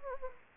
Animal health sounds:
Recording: mosquito wingbeat signal from an infrared sensor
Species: Anopheles gambiae

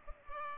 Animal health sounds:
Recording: mosquito wingbeat signal from an infrared sensor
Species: Culex pipiens

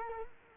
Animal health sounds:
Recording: mosquito wingbeat signal from an infrared sensor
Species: Culex quinquefasciatus

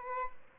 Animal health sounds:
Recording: mosquito wingbeat signal from an infrared sensor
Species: Aedes albopictus

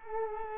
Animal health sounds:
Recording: mosquito wingbeat signal from an infrared sensor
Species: Culex quinquefasciatus

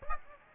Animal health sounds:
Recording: mosquito wingbeat signal from an infrared sensor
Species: Aedes aegypti

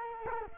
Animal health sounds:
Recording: mosquito wingbeat signal from an infrared sensor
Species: Culex quinquefasciatus

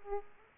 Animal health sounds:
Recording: mosquito wingbeat signal from an infrared sensor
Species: Aedes aegypti

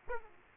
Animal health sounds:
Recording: mosquito wingbeat signal from an infrared sensor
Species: Aedes aegypti

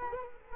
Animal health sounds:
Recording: mosquito wingbeat signal from an infrared sensor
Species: Culex quinquefasciatus

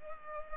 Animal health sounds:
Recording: mosquito wingbeat signal from an infrared sensor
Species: Culex pipiens

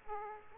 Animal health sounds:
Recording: mosquito wingbeat signal from an infrared sensor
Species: Aedes aegypti

